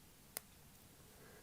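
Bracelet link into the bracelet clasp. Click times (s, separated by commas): 0.4 s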